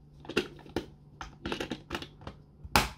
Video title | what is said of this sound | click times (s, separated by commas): Lego Harry Potter Hogwarts First Flying Lesson 2021 set 76395 | that pops right in | 2.8 s